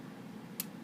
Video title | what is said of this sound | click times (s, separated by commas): How To Oil Trumpet Valves | in order to get those back in alignment you have to turn the valve until you hear the click and that's what it drops back into place | 0.6 s